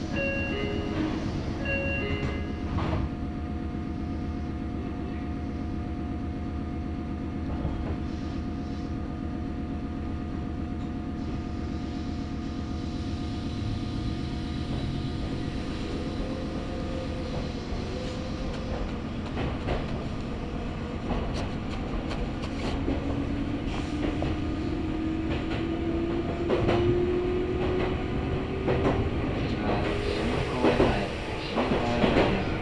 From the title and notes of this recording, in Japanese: 名古屋鉄道各務原線 新加納→犬山 普通列車。だいぶ日も西に傾いてきた頃です。